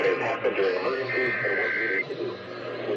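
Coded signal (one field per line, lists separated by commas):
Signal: Emergency Alert System (SAME) tones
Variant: header bursts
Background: speech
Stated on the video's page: Required monthly tests received on Los Angeles broadcast stations.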